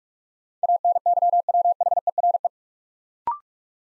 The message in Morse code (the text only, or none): ANYWHERE